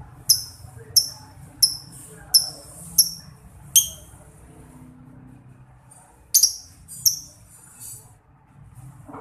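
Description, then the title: Lovebird repeating sharp high chirps about every 0.7 seconds, then a short gap and a pair of harsher, buzzier chirps. Tutor recording for lovebirds, meant to train them to develop the long chattering song style called ngekek panjang. "Kicau Lovebird. Terapi Masteran LABET Agar Labet Cepet NGEKEK PANJANG"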